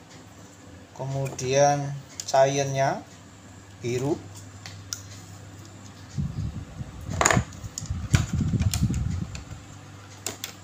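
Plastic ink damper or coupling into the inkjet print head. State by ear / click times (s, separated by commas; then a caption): not seated / none. During reassembly of an Epson L120/L121 inkjet print head, a plastic part, likely the ink damper or tube coupling, is handled near its seat while someone talks over a faint steady hum. Soft rustling and plastic handling noises follow, with a sharp tap around 7.2 s, but nothing has seated or clicked into place yet.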